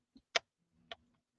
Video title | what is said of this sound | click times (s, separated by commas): Live with the Pajama Quilter...Hexi Pin Quilt | this one locks in place too | 0.4 s